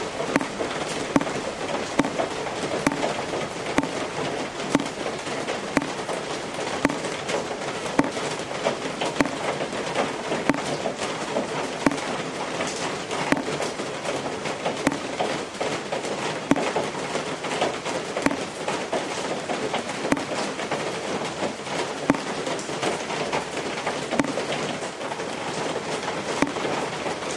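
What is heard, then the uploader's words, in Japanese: Water from a roof leak drips onto a plate set out to catch it, making a dense, unbroken patter of quick, sharp taps. The ticks come irregularly and crowd together over a steady hiss, with occasional louder drops standing out. 雨漏り。梅雨の6月。とりあえずその辺にあるお皿で水滴受け、お皿がいっぱいになったら他のお皿に変え。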